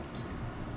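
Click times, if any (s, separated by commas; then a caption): none. A Kapvoe 1300-lumen bicycle headlight is handled as it is slid onto its plastic handlebar mount, producing a steady low rumble with a faint high tone early on. Nothing has seated or clicked yet; the light is not yet latched onto the mount.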